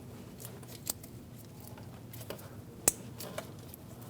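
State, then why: Seated. A lined-up wiring harness connector for the lights is pushed onto its mating socket while the front bumper is refitted during an engine cooling fan assembly replacement on a 2016-2025 Chevrolet Malibu 1.5L L4. Faint handling ticks at 0.9 s and 3.4 s surround a sharp click at 2.9 s as the connector snaps in and seats.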